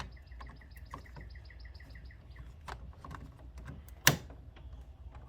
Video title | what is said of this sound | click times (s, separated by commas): How to Convert Epson Workforce Printers To A (Eco Solvent Printer) Part II 2025 | you hear that click | 4.1 s